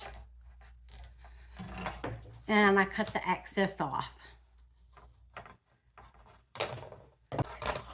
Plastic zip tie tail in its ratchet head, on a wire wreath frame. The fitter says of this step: And you know you got it on the right side when you hear that click.